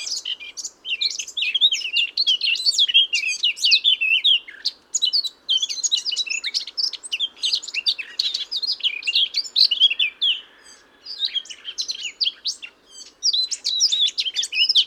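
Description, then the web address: Eurasian blackcap giving a long, dense warbling song of scratchy and whistled notes, with brief gaps between outbursts over fifteen seconds. "SETE Sylvia atricapilla"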